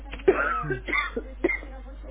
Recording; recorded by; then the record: voluntary cough; telephone call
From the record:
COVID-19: positive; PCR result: checked with the laboratory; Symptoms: yes